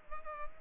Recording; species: mosquito wingbeat signal from an infrared sensor; Culex quinquefasciatus